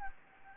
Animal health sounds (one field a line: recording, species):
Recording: mosquito wingbeat signal from an infrared sensor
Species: Anopheles gambiae